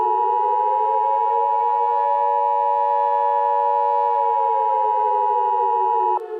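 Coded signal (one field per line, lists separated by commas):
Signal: Emergency Alert System (SAME) tones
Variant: 853 and 960 Hz attention tone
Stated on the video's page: Fictional Emergency Alert System scenario featuring legendary and unique attacks.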